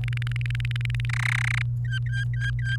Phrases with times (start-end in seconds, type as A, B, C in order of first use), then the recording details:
0.04-1.05 A, 1.09-1.62 B, 1.84-2.76 C. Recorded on 28 April 2018 at 17:55. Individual llb3